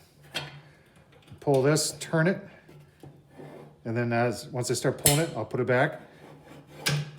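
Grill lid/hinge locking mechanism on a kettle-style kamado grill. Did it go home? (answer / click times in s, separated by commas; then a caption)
yes / 6.9 s. Someone talks while pulling and turning the lid-adjustment mechanism on a Kamado Joe "Kettle Joe" kettle-style kamado grill, then pushes it back until the grill lid/hinge latch locks. A sharp click is heard at 6.9 s as the latch seats back into place.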